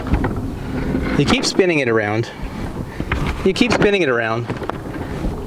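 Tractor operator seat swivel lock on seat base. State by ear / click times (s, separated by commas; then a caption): seated / 4.7 s. The operator seat of a New Holland Workmaster 25 sub-compact tractor is spun around on its swivel while someone talks. At 4.7 s a sharp click is heard as the rotation lock on the seat base engages, locking the seat in place.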